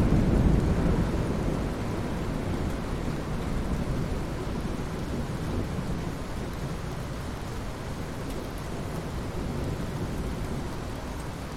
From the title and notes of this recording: Rain and Thunder Sounds for Serene Ambience. Soothing rain, gentle thunder.